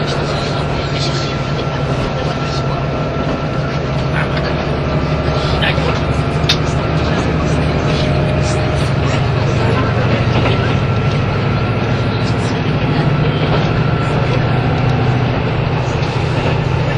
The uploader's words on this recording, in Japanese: 1021,キハ85系 ひだ01号02 (飛騨金山)～飛騨古川。走行音(音の旅) 1021,キハ85系 ひだ01号。